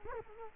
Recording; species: mosquito wingbeat signal from an infrared sensor; Culex quinquefasciatus